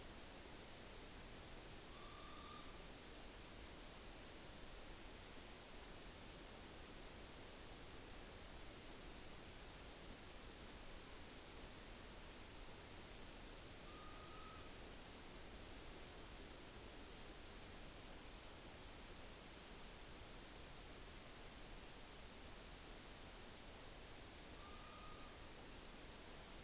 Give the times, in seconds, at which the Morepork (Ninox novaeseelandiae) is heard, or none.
1.75-2.92, 13.74-14.97, 24.47-25.54